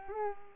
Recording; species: mosquito wingbeat signal from an infrared sensor; Culex pipiens